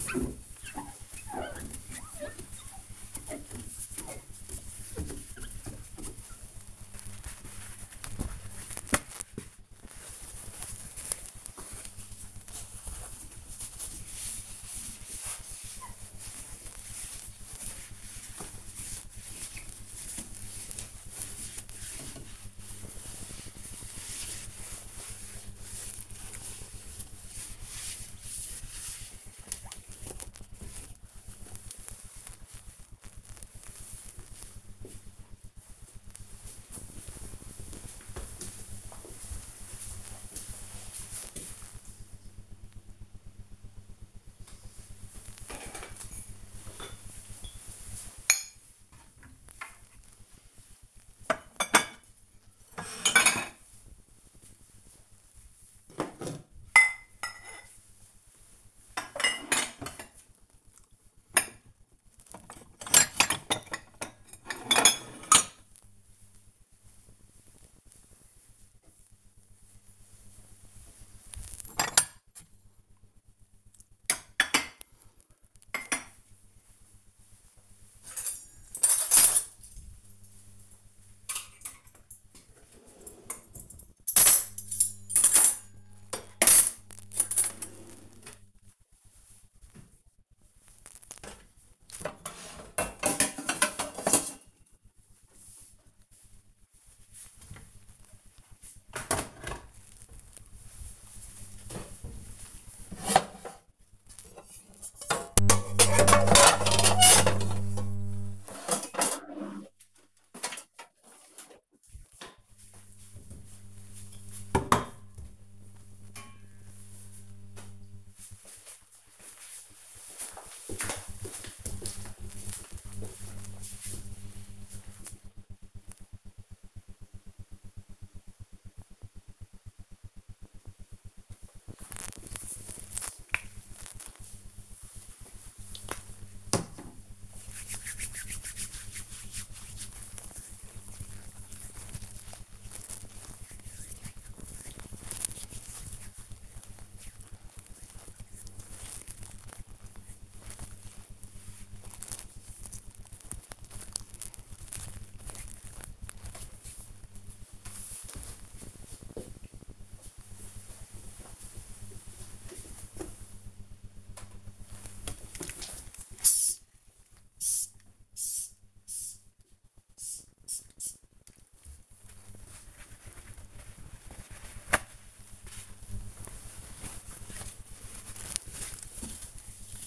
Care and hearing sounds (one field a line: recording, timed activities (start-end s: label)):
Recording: household activities, microphone on the right wrist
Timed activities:
0.00-32.12 s: window cleaning
44.17-114.59 s: putting away the dishes
130.66-155.81 s: cream hands
163.84-179.86 s: window cleaning